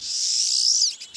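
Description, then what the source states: Pine Siskin giving one drawn-out, buzzy high note that rises slightly before dropping off sharply at the end. Flock swarming around a thistle feeder, wings flashing yellow; irruptive, nomadic migration driven by food availability.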